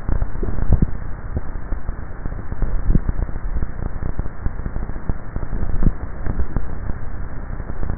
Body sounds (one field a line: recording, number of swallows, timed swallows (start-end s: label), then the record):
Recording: swallowing sounds by neck microphone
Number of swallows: 3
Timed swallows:
0.52-1.32 s: swallow
2.69-3.52 s: swallow
5.59-6.36 s: swallow
From the record:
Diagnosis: dysphagia